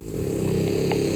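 A steady, low, rough buzzing rattle runs through the whole second with no break, like a single drawn-out snore. It is snoring from a French bulldog, a snorty, flat-faced breed prone to noisy breathing during sleep.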